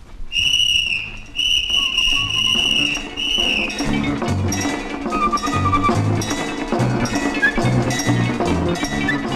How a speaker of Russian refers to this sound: Колхозный сторож заметил ребят и засвистел в свисток.